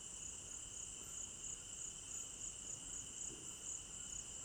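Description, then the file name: Crickets in a high trilling chorus that pulses gently in volume, with a steady lower ringing band and faint low background noise. Crickets at night in an African village garden; stereo binaural recording. "African-Village Garden Night Crickets 01 Stereo-Binaural"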